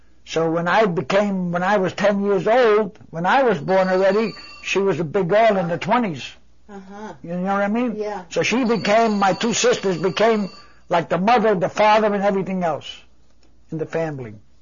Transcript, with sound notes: So when I became, when I was ten years old, when I was born already she was a big girl, in the Twenties, you know what I mean? (telephone rings) So she became, my two sisters became like the mother, the father and everything else in the family.